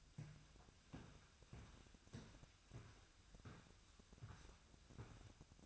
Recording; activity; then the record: daily activity, microphone in the room; walk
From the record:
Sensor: 2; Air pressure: 1001.6 hPa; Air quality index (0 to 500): 229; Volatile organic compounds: 27 ppm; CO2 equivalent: 2884 ppm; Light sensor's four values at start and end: 9/29/11/11 and 9/29/11/11